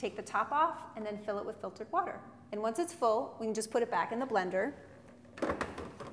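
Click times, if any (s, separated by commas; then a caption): 5.6 s. A person talks, and then a filled plastic water reservoir is slid back into the blender base with a brief burst of short knocks. It latches with a click at 5.6 s, seating the reservoir in the blender.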